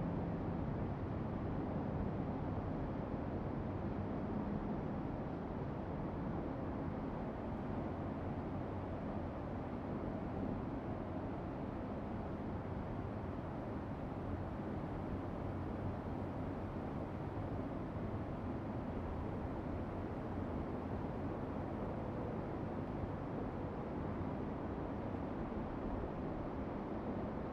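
A steady, dense city hum of traffic, low and rumbling, holds at an even level for the whole stretch without distinct events.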